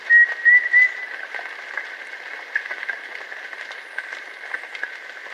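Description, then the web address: Yellow-breasted antpitta giving three short, clear whistles in quick succession at the start, over a steady insect drone with scattered ticks. Recorded in Ecuador. "Birds of Ecuador. Yellow-breasted Antpitta"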